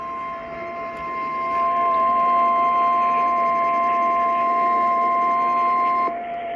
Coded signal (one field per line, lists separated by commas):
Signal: Emergency Alert System (SAME) tones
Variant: 1050 Hz attention tone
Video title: SVR WMT 1540AM IA EAS-360